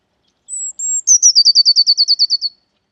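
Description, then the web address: Eurasian blue tit song: two high, thin, drawn-out notes lead into a quick, even trill of about twelve short notes that drifts gently lower. "cianscape birddata Deverinetal 2025 File origin Bird Only Cy Ca"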